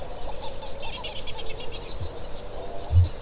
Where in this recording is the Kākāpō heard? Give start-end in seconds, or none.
1.83-3.21